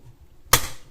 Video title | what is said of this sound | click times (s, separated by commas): Bosch Dishwasher model SMV53L00GB/30 Error Code E:09 | so that went in with a firm snap so I'm convinced that's in place yeah | 0.5 s